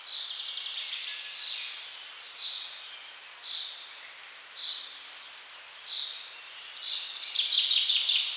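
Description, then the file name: Common chaffinch calls: short, bright, high notes repeated about once a second, ending in a denser burst of notes. "Fringilla coelebs"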